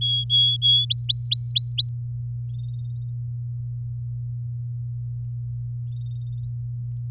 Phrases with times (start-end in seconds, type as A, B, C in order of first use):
0.01-0.85 A, 0.90-1.88 B